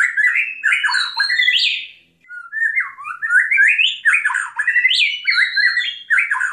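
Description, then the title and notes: Bird: song of fast, varied chirping notes that climb in steps and drop again, with one brief pause before the lively warbling resumes. Bird singing, called a champion (jawara) singer. "kicau burung jawara"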